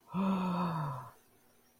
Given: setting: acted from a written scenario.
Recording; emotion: vocal sound without words; elation